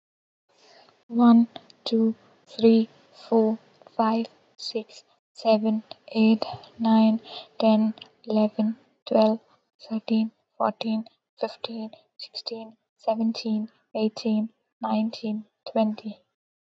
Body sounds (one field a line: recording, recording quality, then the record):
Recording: counting at a normal pace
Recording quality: excellent, no background noise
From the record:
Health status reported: healthy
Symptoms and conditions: none ticked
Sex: female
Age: 23 years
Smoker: not ticked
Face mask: not worn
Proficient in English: yes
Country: India